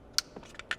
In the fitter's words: Just go here and click